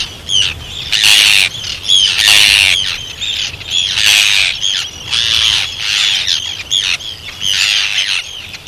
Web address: arctic tern